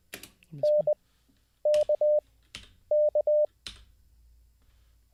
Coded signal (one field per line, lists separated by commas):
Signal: Morse code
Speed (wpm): 20 wpm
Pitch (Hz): 600 Hz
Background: none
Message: NKK